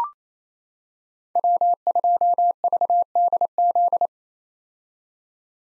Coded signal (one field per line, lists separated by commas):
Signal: Morse code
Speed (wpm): 28 wpm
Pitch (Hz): 700 Hz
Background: none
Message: W2VDZ